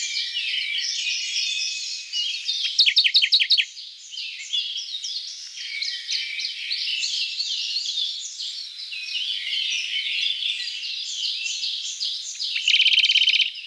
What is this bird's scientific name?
Phylloscopus schwarzi